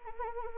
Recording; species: mosquito wingbeat signal from an infrared sensor; Anopheles arabiensis